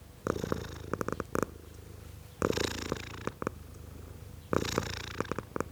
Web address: BBC Sound Effects Library. Tom Cat, Purring